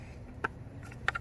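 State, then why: Seated. A wiring harness connector for a Superchips Pulsar module on a Jeep Gladiator is pushed together again into its mating plug. Two loud, sharp clicks ring out at about 0.5 s and 1.1 s, with fainter ticks between them over a low background hum. The connector is seated, clicked firmly in place.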